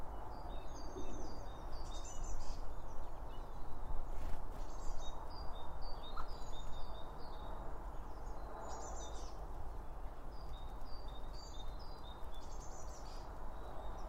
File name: Birds Around Birdfeeding With Two Om 1 From Line Audio